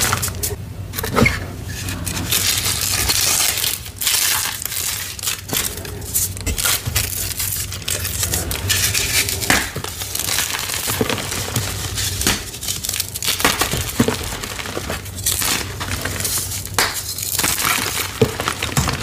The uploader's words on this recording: Crispy Flaky Dyed Gym Chalk Collection Chalk Crushing ASMR. A collection of some of my favorite crispy flaky dyed gym chalk asmr crushing collection.